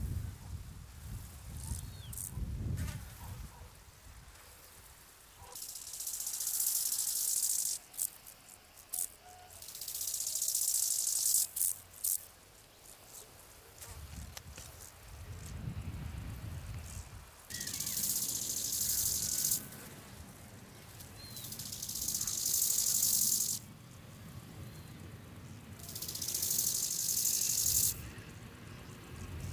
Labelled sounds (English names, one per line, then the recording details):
Bow-winged Grasshopper stridulation
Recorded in the wild
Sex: male
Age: imago
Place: Bansin, Insel Usedom, Mecklenburg-Vorpommern, DE
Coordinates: 53.9603, 14.1317
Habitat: Trockenhang
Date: 1983-09-23 17:13
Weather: sonnig, böiger Wind
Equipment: Nagra SN, Sennheiser MKH 416 T, Kopie Uher 4000 Report Monitor
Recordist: Tembrock, Günter